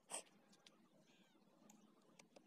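A headlight high/low (upper-dipper) button is handled against the handlebar switch housing of an Activa 4G scooter, with a louder broadband burst near the start at about 0.1 s and small sharp ticks at about 0.7, 1.7, 2.2 and 2.4 s over low background noise. The button has not seated or clicked into the housing yet.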